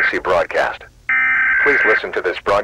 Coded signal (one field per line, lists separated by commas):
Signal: Emergency Alert System (SAME) tones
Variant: header bursts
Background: speech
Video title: Sun Disappeared | EAS Scenario | Emergency Alert System